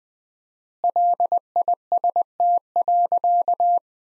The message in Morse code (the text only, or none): LIST.